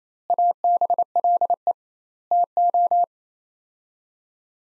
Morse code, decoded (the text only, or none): ABLE TO